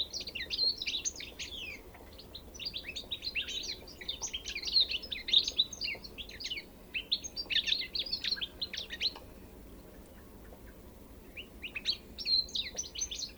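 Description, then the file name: European goldfinch twittering in bursts of rapid chirps, pausing briefly around ten seconds before resuming. "Carduelis carduelis"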